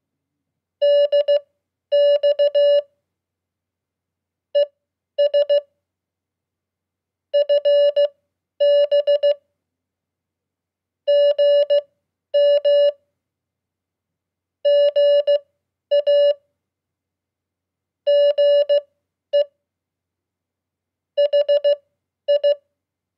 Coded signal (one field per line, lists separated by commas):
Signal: Morse code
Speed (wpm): 16 wpm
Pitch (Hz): 580 Hz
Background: none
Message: DX ES FB GM GA GE HI